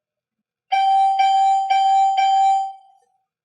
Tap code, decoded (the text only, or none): none